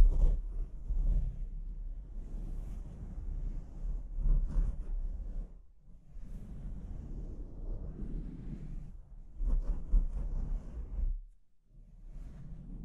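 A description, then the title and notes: Microphone scratching, a rough, low rumbling rub that surges and fades in uneven bursts, with brief quieter gaps near six and eleven seconds. ASMR Brain Melting Mic Scratching (No Talking).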